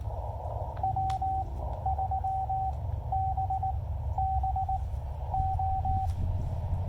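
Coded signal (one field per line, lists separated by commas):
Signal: Morse code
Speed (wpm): 19 wpm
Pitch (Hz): 770 Hz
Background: radio noise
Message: W3BBO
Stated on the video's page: Sent with portable paddles on a Yaesu FT-817ND QRP transceiver into an MFJ-1984LP end-fed half-wave antenna.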